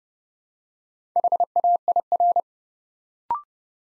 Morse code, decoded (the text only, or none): HAIR